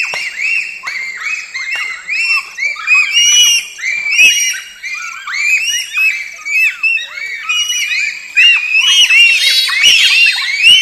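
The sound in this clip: Bonobos calling: a continuous stream of high, arching peeps and shrieks from several animals, turning to a frantic squealing at the close.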